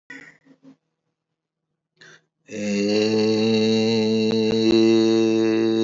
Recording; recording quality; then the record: sustained vowel as in made; excellent, no background noise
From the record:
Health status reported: healthy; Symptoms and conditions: none ticked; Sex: male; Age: 43 years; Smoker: not ticked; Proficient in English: yes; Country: India